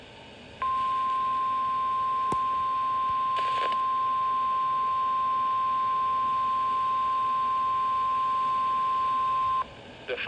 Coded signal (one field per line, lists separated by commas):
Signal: Emergency Alert System (SAME) tones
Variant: 1050 Hz attention tone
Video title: Special Marine Warning (EAS #1,203) 8/18/19